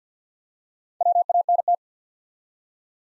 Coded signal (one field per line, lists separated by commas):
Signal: Morse code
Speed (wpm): 50 wpm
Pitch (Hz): 700 Hz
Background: none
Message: WANT